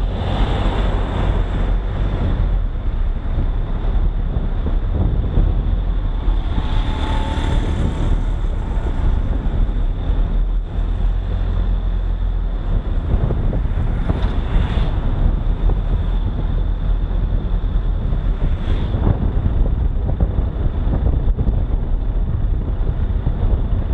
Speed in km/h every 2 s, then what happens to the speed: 29, 30, 31, 31, 32, 33, 32, 34, 34, 34, 33, 30.
0-24 steady at about 32.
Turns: none.